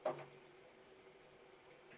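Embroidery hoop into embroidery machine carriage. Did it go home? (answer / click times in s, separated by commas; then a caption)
yes / 0.1 s. An embroidery hoop is attached to the carriage arm of a Bai Mirror embroidery machine and gives a sharp click at 0.1 s, followed by a quiet steady hum and a faint soft knock near the end. The hoop is seated and snug after being tugged to check that it is secure.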